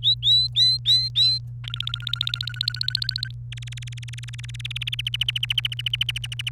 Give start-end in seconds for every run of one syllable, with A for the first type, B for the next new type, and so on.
0.03-1.39 A, 1.64-3.31 B, 3.52-4.61 C, 4.64-6.49 D